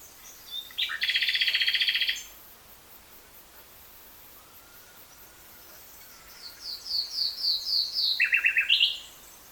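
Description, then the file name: Common nightingale singing a loud, even pulsed trill, a long silence, then a series of repeated notes and a short stepped trill. "Luscinia megarhynchos"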